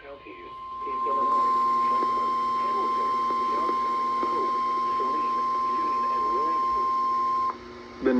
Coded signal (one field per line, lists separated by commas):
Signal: Emergency Alert System (SAME) tones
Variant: 1050 Hz attention tone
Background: speech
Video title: EAS #1000 & #1002 Severe Thunderstorm Warnings